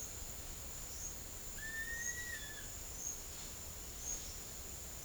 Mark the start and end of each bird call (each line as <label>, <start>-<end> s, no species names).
bird call, 1.53-2.67 s